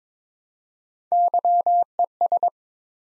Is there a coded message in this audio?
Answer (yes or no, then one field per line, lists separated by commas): yes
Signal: Morse code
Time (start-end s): 1.1-2.5 s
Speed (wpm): 21 wpm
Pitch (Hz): 700 Hz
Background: none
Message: YES